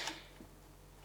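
A trailer or bike-carrier electrical plug is handled at the tow-bar socket with its spring cap on a 2026 Mazda CX-5, lined up by its notch before being pushed in. A short scuff of handling noise is heard near the start, then a faint soft knock around 0.4 s over a quiet background. Nothing has seated or clicked yet.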